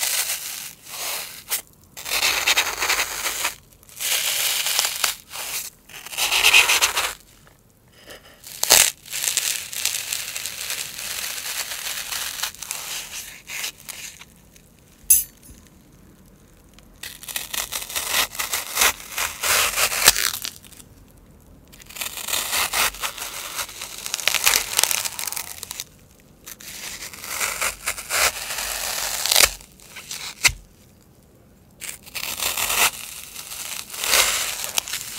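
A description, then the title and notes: Floral foam being crunched and crushed, with bursts of crisp, bright crackling that come and go in uneven stretches of a second to several seconds. Short silent pauses break up the crunching, and a sharp single snap stands out around fifteen seconds. Floral Foam (Crunchy Sounds).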